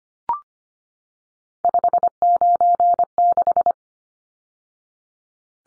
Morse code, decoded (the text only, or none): 596